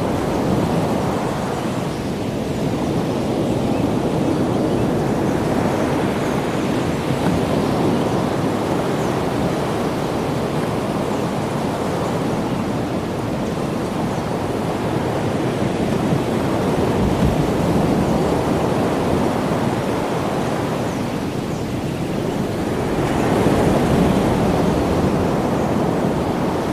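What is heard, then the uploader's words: Ocean surf rolls in a dense, steady low roar, swelling gently every few seconds, with a brighter surge near the end. Ocean Sounds In Hawaii.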